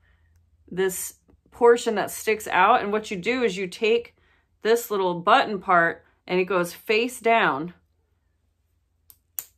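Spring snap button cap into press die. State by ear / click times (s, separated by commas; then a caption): seated / 9.4 s. Someone talks while placing the metal button cap of a spring snap face down into the recess of a snap-press die. After the talking stops, a faint tick comes at 9.1 s, then a sharp snap at 9.4 s as the cap seats in the die.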